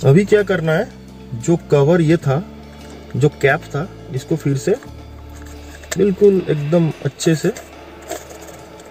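A plastic cover/cap is being pressed back onto a Godrej Aer Irish Cocktail car perfume (air freshener) container for a Tata Tiago XZ BS6 2021. Someone talks throughout, with background music and a brief faint tap near 5.4 s. The clip ends before the cap locks on, and nothing has seated or clicked yet.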